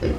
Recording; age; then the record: pig call; growing-finishing pig (85 days or more)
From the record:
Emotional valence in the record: negative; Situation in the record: barren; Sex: female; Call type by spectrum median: low-frequency call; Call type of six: low-frequency stable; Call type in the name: low-frequency stable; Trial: 4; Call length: 0.19 s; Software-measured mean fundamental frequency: 54 Hz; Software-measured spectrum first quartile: 105 Hz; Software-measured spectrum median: 279 Hz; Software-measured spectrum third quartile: 495 Hz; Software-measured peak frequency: 77 Hz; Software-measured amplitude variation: 105 dB a second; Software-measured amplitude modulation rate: 18.2 a second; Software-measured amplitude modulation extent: 5.8 dB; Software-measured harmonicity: -1.8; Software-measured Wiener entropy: -0.65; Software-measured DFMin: 593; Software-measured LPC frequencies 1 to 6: 423, 1597, 2834, 4069, 4996, 6801 Hz